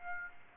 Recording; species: mosquito wingbeat signal from an infrared sensor; Aedes aegypti